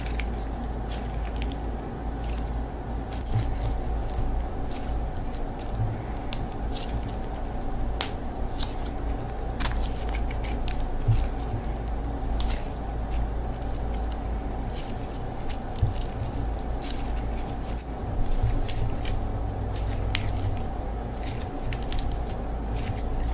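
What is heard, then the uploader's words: Slime is played with, giving sticky clicks and small wet pops scattered irregularly across the whole stretch, with a few sharper snaps around the middle. Underneath runs a steady, low droning hum with a faint whine that never changes. The one where I put you to sleep with slime. It was so much fun to play with the slime.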